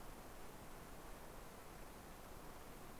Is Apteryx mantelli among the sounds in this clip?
no